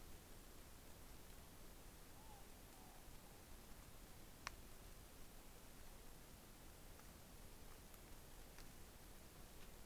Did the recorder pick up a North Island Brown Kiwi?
no